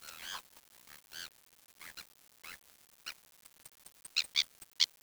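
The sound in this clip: Birds giving harsh, squeaky calls in short separate bursts, followed by several sharp, high chirps near the end; the background stays quiet.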